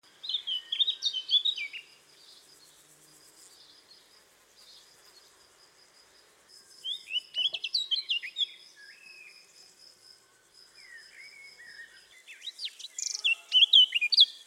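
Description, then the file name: Eurasian blackcap song: three bursts of quick, scratchy warbling phrases with varied high notes, separated by pauses, over a steady pulsing insect trill. "Sylvia atricapilla"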